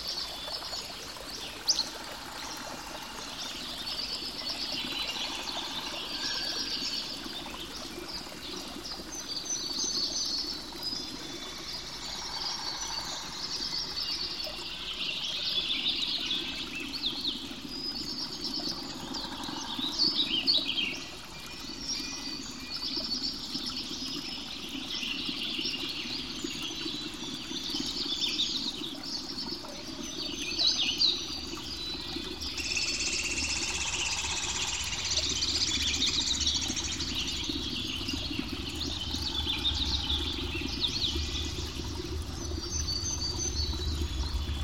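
The Merced River rushes in a steady, dense wash of water, with a hissing top and a low churning rumble underneath. Bright splashy surges rise and fall throughout, and from about thirty-two seconds a deeper rumble swells in beneath the flow.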